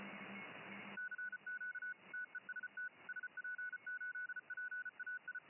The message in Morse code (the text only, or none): CQ TEST SP8PAI